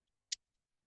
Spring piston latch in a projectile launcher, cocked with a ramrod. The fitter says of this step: you guys hear a click